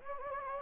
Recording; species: mosquito wingbeat signal from an infrared sensor; Anopheles gambiae